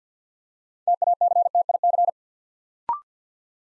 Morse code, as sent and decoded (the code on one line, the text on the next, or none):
- .- -.-. - .. -.-.
TACTIC